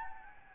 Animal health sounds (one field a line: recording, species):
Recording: mosquito wingbeat signal from an infrared sensor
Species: Anopheles gambiae